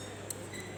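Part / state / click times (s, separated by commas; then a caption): wiring harness plug into engine oil temperature sensor connector / not seated / none. A wiring harness plug is handled as it is pushed onto a motorcycle's engine oil temperature sensor connector, with a steady low hum throughout and one brief, sharp high-pitched tick at about 0.3 s. The plug has not seated or clicked in yet.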